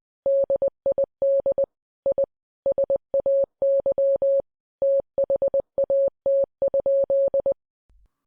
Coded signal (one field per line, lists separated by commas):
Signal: Morse code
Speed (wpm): 20 wpm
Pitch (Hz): 550 Hz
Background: none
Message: DID I SAY THAT?